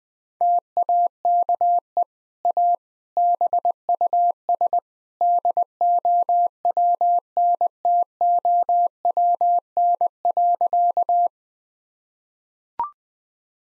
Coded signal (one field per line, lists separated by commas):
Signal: Morse code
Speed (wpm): 20 wpm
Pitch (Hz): 700 Hz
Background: none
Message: TAKE A BUS DOWNTOWN.